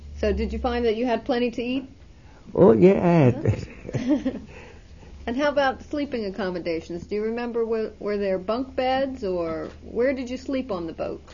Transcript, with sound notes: So did you find that you had plenty to eat?
Oh, yeah. (He laughs.)
And how about sleeping accommodations? Do you remember, were there bunks or, where did you sleep on the boat?